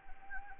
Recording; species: mosquito wingbeat signal from an infrared sensor; Anopheles arabiensis